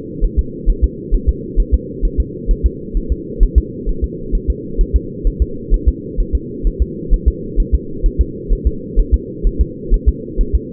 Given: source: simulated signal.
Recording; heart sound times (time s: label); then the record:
fetal heart sounds
0.24 s: S1
0.39 s: S2
0.70 s: S1
0.84 s: S2
1.14 s: S1
1.29 s: S2
1.60 s: S1
1.74 s: S2
2.05 s: S1
2.20 s: S2
2.51 s: S1
2.66 s: S2
2.97 s: S1
3.12 s: S2
3.43 s: S1
3.58 s: S2
3.89 s: S1
4.04 s: S2
4.35 s: S1
4.50 s: S2
4.81 s: S1
4.96 s: S2
5.27 s: S1
5.42 s: S2
5.74 s: S1
5.88 s: S2
6.20 s: S1
6.35 s: S2
6.67 s: S1
6.82 s: S2
7.14 s: S1
7.28 s: S2
7.60 s: S1
7.75 s: S2
8.06 s: S1
8.21 s: S2
8.53 s: S1
8.67 s: S2
9.00 s: S1
9.14 s: S2
9.47 s: S1
9.61 s: S2
9.94 s: S1
10.08 s: S2
10.41 s: S1
10.55 s: S2
From the record:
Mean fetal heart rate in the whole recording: 130 bpm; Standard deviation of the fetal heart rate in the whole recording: 4 bpm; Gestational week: 38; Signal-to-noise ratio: -4.3 dB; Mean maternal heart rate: 72 bpm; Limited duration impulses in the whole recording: absent